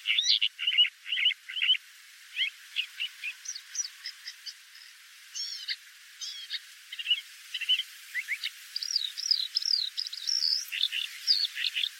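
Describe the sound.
Bird calls: a busy stream of high, short chirps and twittering notes, some slurred and rising, coming in quick irregular bursts throughout.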